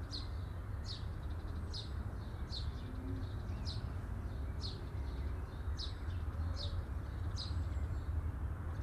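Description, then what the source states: Bird chirping, sharp high notes coming roughly every second in an even series, with a constant low background rumble. Birds chirping at midday.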